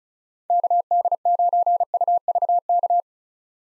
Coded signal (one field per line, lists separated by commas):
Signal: Morse code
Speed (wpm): 36 wpm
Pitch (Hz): 700 Hz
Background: none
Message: KD9UVK